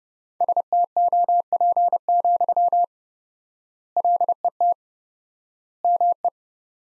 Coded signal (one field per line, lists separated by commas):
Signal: Morse code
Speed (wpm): 30 wpm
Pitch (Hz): 700 Hz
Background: none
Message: STOP, LET ME